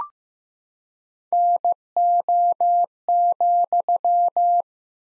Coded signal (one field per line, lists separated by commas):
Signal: Morse code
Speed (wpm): 15 wpm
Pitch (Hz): 700 Hz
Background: none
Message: NO,